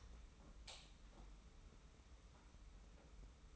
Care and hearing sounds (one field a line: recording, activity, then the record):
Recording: daily activity, microphone in the room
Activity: light on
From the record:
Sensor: 1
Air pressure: 990.9 hPa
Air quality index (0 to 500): 109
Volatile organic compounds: 100 ppm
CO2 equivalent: 3752 ppm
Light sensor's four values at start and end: 23/51/22/24 and 26/66/27/29